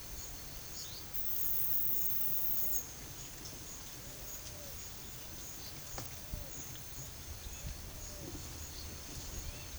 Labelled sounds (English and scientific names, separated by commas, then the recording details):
none
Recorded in pastures near Puerto Asís, Putumayo, Colombia, on 4 March 2025 at 10:00
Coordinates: 0.487, -76.322
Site G077